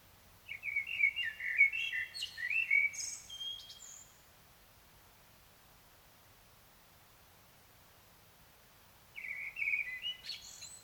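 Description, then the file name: Common blackbird song: a rich, wavering flute-like phrase closing with thin, high twitters, then a long pause before the next phrase begins. "Turdus merula"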